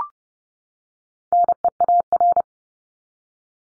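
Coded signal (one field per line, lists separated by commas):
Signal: Morse code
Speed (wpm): 30 wpm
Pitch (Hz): 700 Hz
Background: none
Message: NEAR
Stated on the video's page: Morse drill of the 300 most common English words at 30 wpm for head-copy.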